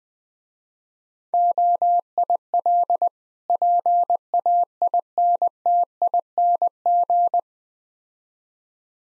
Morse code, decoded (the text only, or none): OIL PAINTING